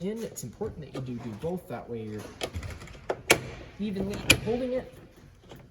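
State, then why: Seated. Someone talks while the fold-out outdoor kitchen sink on a 2022 Coachmen Freedom Express 238BHS is pulled toward them and both side latches are locked into the frame, evenly holding it. Two sharp clicks sound at 3.1 and 3.3 seconds. Both latches lock into place.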